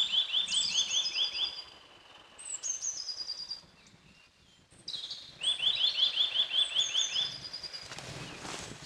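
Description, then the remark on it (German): A bird sings rapid, repeated high-pitched chirps that sweep up and down like an electronic alarm, coming in two long bursts separated by a brief quieter pause, with no voices. “Der Vogel, der hat wahrscheinlich auch zu lange neben einer Alarmanlage gewohnt.”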